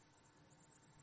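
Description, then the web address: Cricket trill of quick, shrill, high pulses repeated evenly, roughly nine each second. Wide stereo recording. "lynne-publishing Crickets Wide Stereo"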